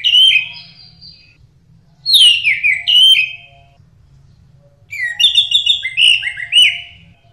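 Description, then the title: Orange-headed thrush singing varied whistled phrases, some sliding downward, others broken into quick twittering notes, with short pauses between phrases. "Burung Anis Merah"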